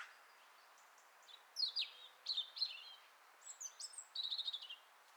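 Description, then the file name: European robin singing a brief run of high, downslurred whistled notes followed by a fast, buzzy trill. "Erithacus rubecula"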